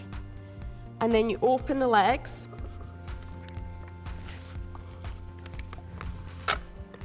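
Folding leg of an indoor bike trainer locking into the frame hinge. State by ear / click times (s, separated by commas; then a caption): seated / 6.5 s. After the quick release is undone, the folding legs of an indoor bike trainer (turbo trainer) are unfolded to make it more stable, while someone talks. Small handling taps follow, then at 6.5 s a metal leg latch snaps into its open, locked position in the frame hinge with a sharp click, and the leg is seated.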